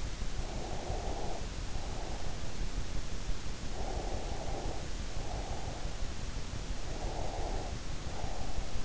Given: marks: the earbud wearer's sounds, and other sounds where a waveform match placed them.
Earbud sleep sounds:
sounds in sleep by an in-ear microphone; breath
0.27-2.41 s: breath
3.77-5.96 s: breath
6.74-8.85 s: breath

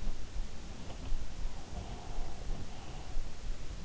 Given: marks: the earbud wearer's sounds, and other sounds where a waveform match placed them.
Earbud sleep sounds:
sounds in sleep by an in-ear microphone; breath
1.12-3.28 s: breath

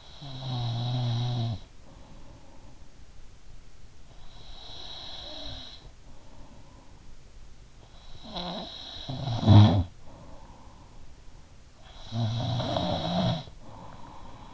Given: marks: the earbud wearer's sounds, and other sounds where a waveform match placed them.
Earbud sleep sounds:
sounds in sleep by an in-ear microphone; snoring breath, breath
0.00-3.75 s: snoring breath
3.75-8.12 s: breath
8.12-11.81 s: snoring breath
11.81-14.54 s: snoring breath

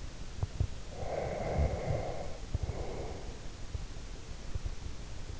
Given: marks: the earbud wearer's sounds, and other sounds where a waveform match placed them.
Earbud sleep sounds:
sounds in sleep by an in-ear microphone; breath
0.73-3.42 s: breath

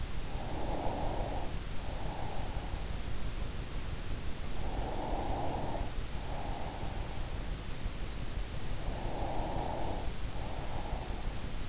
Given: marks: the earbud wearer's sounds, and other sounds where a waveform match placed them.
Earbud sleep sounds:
sounds in sleep by an in-ear microphone; breath
0.00-3.15 s: breath
4.31-7.50 s: breath
8.75-11.69 s: breath

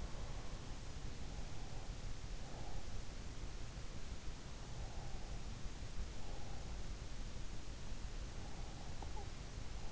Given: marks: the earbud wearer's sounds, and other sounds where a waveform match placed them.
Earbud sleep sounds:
sounds in sleep by an in-ear microphone; breath
0.00-0.83 s: breath
8.77-9.57 s: sound from someone else or the room

